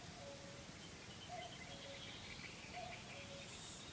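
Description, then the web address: Common cuckoo calling its two-note cu-coo, a higher note dropping to a lower one, faintly and a few times over steady background noise. Recorded June 2013 at Sturmai, Lithuania, and Rügen. "Irfan 2013 06 HHLitauen Ruegen Sturmai Kuckuck"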